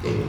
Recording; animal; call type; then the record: contact call of a hoofed animal; pig; closed-mouth grunt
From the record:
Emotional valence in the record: positive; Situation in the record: food and toys in familiar pen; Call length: 0.29 s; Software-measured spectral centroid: 1860 Hz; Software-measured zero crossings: 1050 a second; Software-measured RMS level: -24 dBFS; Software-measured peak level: -14 dBFS